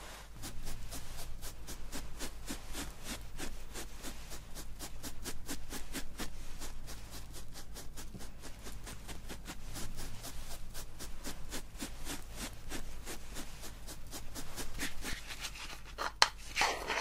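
Hair salon sounds: dense, fairly regular rubbing or brushing strokes repeat through the whole stretch, steady in level. A faint low hum runs underneath much of it, and near the end the strokes stop, giving way to a few sharp clicks and a brief bright rustle.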